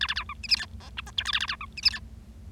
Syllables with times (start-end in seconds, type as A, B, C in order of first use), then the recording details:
0.01-0.07 A, 0.08-0.14 A, 0.16-0.23 B, 0.29-0.33 C, 0.43-0.47 D, 0.49-0.56 E, 0.56-0.66 F, 0.80-0.90 G, 0.97-1.01 H, 1.06-1.10 I, 1.17-1.23 J, 1.25-1.31 K, 1.33-1.39 A, 1.40-1.46 A, 1.48-1.55 B, 1.61-1.65 C, 1.77-1.80 D, 1.83-1.90 E, 1.90-1.99 F. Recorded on 25 March 2012 at 15:56. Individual gy6or6